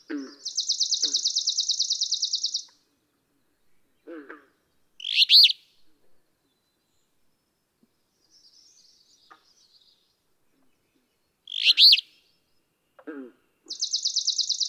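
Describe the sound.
Alder flycatcher singing its short rough, burry phrase twice about six and a half seconds apart, alternating with a long, high, buzzy trill and soft low notes from other birds.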